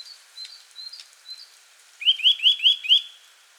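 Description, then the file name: Eurasian nuthatch giving faint thin high notes, then a loud run of five quick rising calls near the end. "Sitta europaea"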